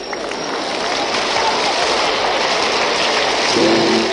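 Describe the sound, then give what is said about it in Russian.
Steady, dense applause from a large crowd in the arena of the Leningrad circus, where the clown Karandash spoke, a continuous crackling wash of clapping that holds its loudness throughout, with a faint low tone surfacing near the end. “Вы только что слышали аплодисменты, вы слышали голос клоуна.”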